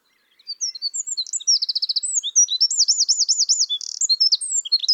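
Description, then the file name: Eurasian wren singing a fast, very high outpouring of twittering notes, a dry trill and a rolling warbled phrase, running continuously. "Troglodytes troglodytes"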